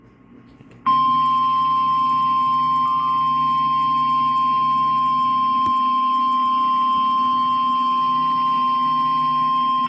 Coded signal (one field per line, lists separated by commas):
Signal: Emergency Alert System (SAME) tones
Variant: 1050 Hz attention tone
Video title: EAS#122 Severe Thunderstorm Warning on WXK71 (09/18/2022).